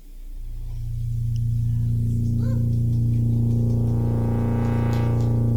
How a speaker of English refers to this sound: So I wanted to play this song that I super love. This song actually also introduced me to this keyboard here.